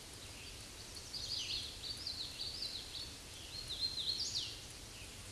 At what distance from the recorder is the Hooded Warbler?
about 50 m